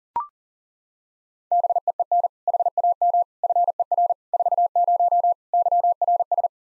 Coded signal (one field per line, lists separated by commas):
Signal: Morse code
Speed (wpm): 40 wpm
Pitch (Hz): 700 Hz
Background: none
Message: BEEN HAM FER 40 YRS